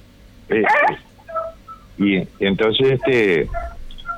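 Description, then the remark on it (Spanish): Dogs bark and yelp in a series of short, loud, high-pitched bursts, one brief outburst followed by a quick cluster of several more, with whiny, wavering tones. “Disculpen que los perritos andan.”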